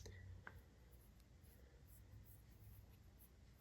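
The bottom end of a Blue Ocean Band's connector slides into the lower band slot of an Apple Watch Ultra 2 case. There is a soft rub, then a sharp click at 0.5 s. The band is seated.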